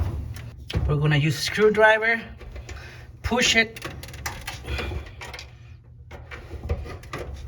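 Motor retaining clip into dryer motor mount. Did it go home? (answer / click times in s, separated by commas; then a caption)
no / none. Someone talks while hooking the second metal motor retaining clip onto the motor mount of a Speed Queen commercial dryer and pushing it with a screwdriver during a motor replacement, with scattered short taps and knocks of handling. The clip ends before the part goes home; it has not clicked or seated yet.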